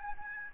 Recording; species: mosquito wingbeat signal from an infrared sensor; Aedes albopictus